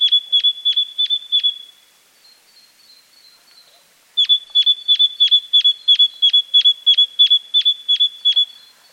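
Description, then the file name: Great tit giving a short run of sharp metallic notes, then a pause with faint thin calls, then a longer even series of ringing notes. "Parus major"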